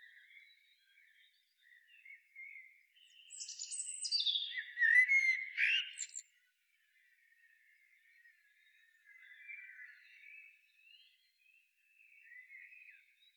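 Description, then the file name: Common blackbird song: one warbled phrase with high squeaky flourishes in the middle, surrounded by faint quieter warbling. "Turdus merula"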